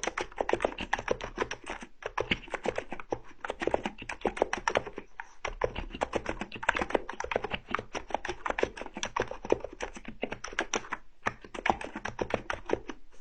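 Rapid, dense tapping clicks run steadily and crisply, with brief pauses near two, five and eleven seconds before the fast tapping resumes.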